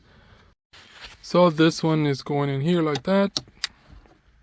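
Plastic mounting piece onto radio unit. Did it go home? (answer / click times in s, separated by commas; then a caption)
yes / 3.6 s. A plastic mounting piece is pushed into place on the radio head unit of a 2014–2021 Jeep Grand Cherokee while someone talks. It clicks in and seats, with a sharp click at 3.6 seconds.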